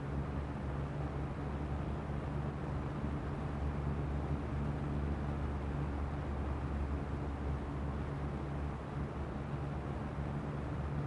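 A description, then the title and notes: A box fan runs with a steady, dense whoosh and a low, constant hum that stays unchanged throughout, even in level. Box Fan 8 Hours.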